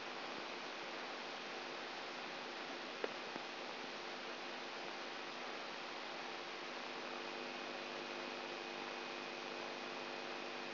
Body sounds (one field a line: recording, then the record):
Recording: brain microelectrode recording played as sound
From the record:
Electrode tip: outside the subthalamic nucleus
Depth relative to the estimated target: -3 mm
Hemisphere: right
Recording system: AlphaMap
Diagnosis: Parkinson's disease